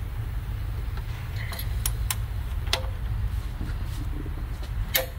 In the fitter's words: uh-oh I heard a click